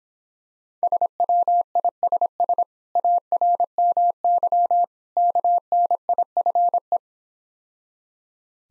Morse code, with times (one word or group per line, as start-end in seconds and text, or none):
0.8-2.6 SWISS
3.0-4.8 ARMY
5.2-7.0 KNIFE